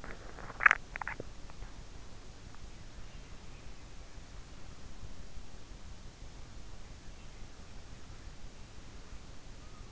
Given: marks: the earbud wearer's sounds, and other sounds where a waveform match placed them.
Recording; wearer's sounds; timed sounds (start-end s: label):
sounds in sleep by an in-ear microphone; teeth grinding
0.00-1.59 s: teeth grinding